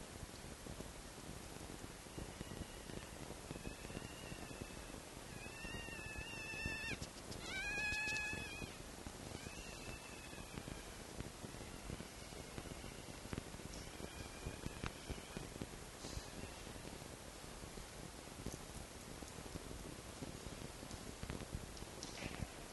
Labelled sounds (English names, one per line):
Red Fox